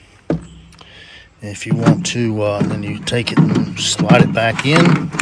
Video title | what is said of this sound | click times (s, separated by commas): Greenworks CRZ 428 42inch Cut !! Did I Make A $4000 Mistake?? | you reach down here and you can click it and it'll pop loose pull it out | 0.3 s